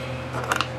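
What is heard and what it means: A rubber spark plug cap on a 2007 Honda Silverwing scooter engine is pushed onto the spark plug until it seats. Over a steady low hum, two sharp, short clicks sound at 0.5 and 0.6 seconds as the cap snaps into place and is seated.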